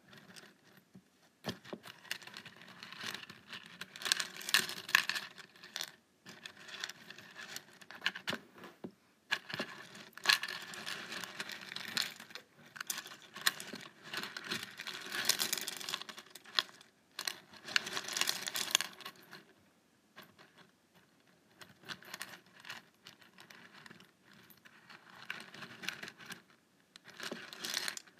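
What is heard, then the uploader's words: A paperclip taps rapidly against a table in dense, uneven bursts of small, bright metallic clicks. The flurries run for several seconds and break off into short pauses, with near silence around the six-to-nine, nineteen-to-twenty-one and twenty-six second marks. ASMR Tapping a Paperclip on my Table.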